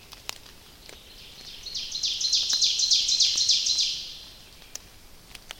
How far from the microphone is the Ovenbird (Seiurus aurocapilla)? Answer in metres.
about 35 m